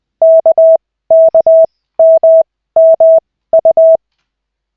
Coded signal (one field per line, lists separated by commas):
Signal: Morse code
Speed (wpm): 20 wpm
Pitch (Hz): 650 Hz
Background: none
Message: KKMMU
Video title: Koch 2/40, 13.12.2024, 1st CW practice session